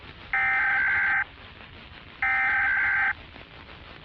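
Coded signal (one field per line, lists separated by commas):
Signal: Emergency Alert System (SAME) tones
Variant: header bursts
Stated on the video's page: Fictional zombie outbreak EAS scenario, analog horror, possibly containing valid tones.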